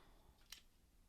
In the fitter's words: again to remove it you're going to do the exact same thing just push down on it and it should pop right up so